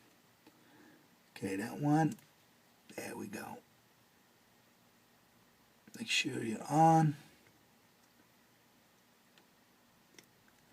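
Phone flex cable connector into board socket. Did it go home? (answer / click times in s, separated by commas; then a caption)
yes / 9.4 s, 10.2 s. During an LG G2 screen replacement, a flex cable connector is pressed onto its socket on the phone board. Someone talks quietly, then after a near-silent stretch two faint, brief clicks are heard at 9.4 s and 10.2 s. The connector is seated, and the click can be felt more than heard.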